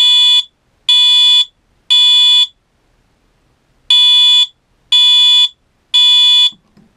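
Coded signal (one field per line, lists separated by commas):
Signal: alarm pattern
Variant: Wheelock MT horn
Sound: harsh electronic horn tone, three half-second blasts, pause, three more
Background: indoor room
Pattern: temporal three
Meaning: Temporal-3 evacuation signal: leave the building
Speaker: so it's currently set on code 3 tone right now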